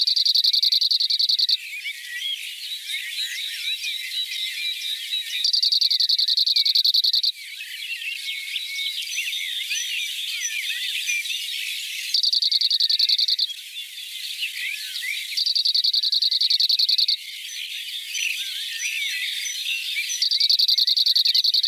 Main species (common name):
Cirl Bunting